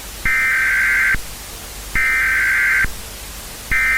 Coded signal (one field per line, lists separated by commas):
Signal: Emergency Alert System (SAME) tones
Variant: header bursts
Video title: (1.02) Eternal Frost (A COS EAS Scenario)